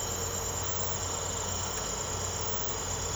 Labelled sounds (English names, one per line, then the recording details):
none
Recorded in secondary vegetation near Puerto Asís, Putumayo, Colombia, on 19 March 2025 at 04:30
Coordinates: 0.468, -76.324
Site G059